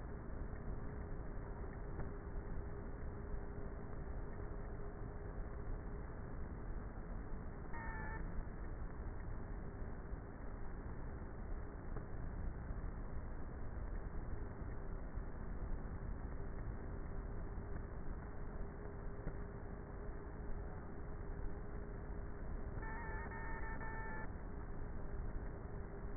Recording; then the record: honeybee colony, microphone inside the hive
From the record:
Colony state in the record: queenless with a low population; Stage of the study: before two queens were removed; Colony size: about 30,000 bees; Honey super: no